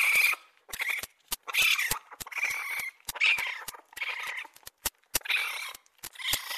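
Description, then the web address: Raccoon squeals: harsh, nasal whines that waver in pitch, coming in quick uneven bursts mixed with sharp clicks. "енот"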